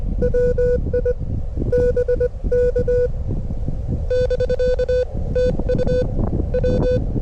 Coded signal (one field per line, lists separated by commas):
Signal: Morse code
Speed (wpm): 22 wpm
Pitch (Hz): 500 Hz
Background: none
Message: WI BK <BK> TU W